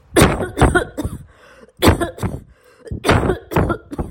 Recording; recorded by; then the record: voluntary cough; messaging app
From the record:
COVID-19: negative